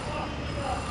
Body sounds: background sound without coughing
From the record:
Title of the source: 30 MINUTES Construction Site Ambience (CC BY 4.0)

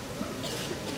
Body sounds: coughing mixed with background sound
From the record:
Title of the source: 55 gaggy wet cough

